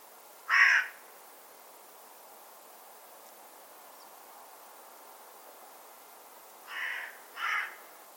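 Bird calling with a single loud, harsh caw, a long quiet gap, then two softer caws in quick succession.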